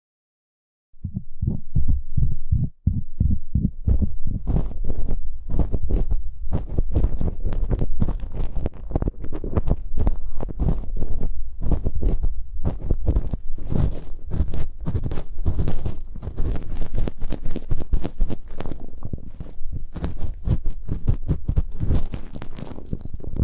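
Muffled ear picking with props scraping and tapping. It begins with a run of regular soft thumps, then turns into dense, rapid scratching and rustling that stays busy to the end, with deep low thuds mixed through.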